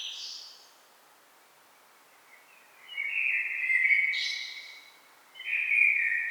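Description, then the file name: Common blackbird song: a mellow whistled phrase swelling into a high squeaky flourish, then a pause and a fresh warbling phrase. "Turdus merula"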